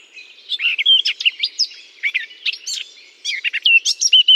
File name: chant de fauvette a tete noire dans houx